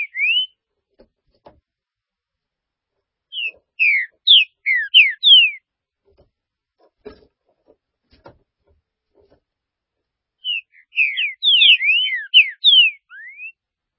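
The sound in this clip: Green-winged saltator song: loud phrases of quick whistled slurs, mostly falling, separated by pauses of several seconds, with faint clicks in between.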